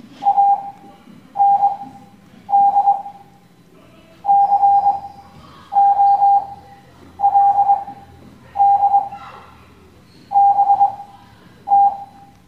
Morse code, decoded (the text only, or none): AND COLD BT